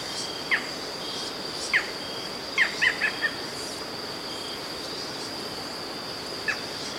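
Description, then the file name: Barred Forest Falcon with a few spaced, sharp notes and one brief run of four quick calls, against a continuous high-pitched insect buzz. "Micrastur ruficollis - Barred Forest Falcon"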